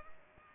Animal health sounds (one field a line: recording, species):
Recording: mosquito wingbeat signal from an infrared sensor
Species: Culex pipiens